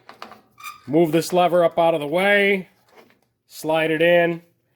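On the rear drum brake of a 1973–87 Chevrolet C10/K10 half-ton squarebody, the parking brake lever is moved up out of the way and the metal parking brake cable end is slid in toward it. A few short, faint ticks come at the start, and then someone talks through most of the clip. Nothing has seated yet: the clip ends before the cable end hooks into the lever.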